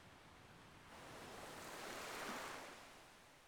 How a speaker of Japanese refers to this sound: 海や。 海やで。綺麗やな。